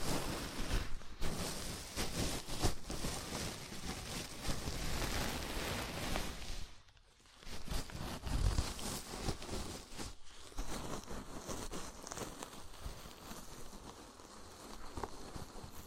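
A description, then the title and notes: Scalp massage: dense, steady rustling and scratching of fingers through hair, with a brief near-silent pause around seven seconds and another near ten. ASMR Sleepy Scalp Massage (No Talking).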